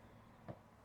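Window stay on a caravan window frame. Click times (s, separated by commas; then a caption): 0.5 s. A 2021 Swift Fairway Platinum 580 caravan window is pushed open on its frame until the friction stay clicks into a hold setting. A single short click sounds at 0.5 s over quiet background noise. The stay seats and the window stays open.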